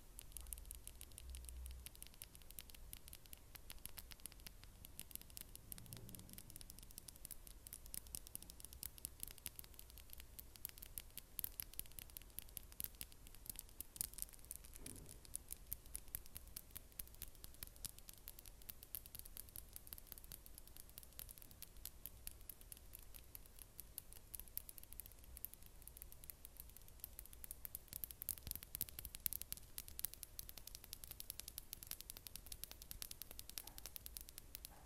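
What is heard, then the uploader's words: Fast, aggressive nail tapping runs without pause, a dense stream of sharp, bright clicks packed tightly together at a fairly steady level. A low rumble sits under the opening seconds, soft thumps land near 6 and 15 seconds, and the tapping grows slightly louder around 28 seconds. ASMR NAIL TAPPING, FAST & AGGRESSIVE ネイルのタッピング、はやくてアグレッシブ『音フェチ』.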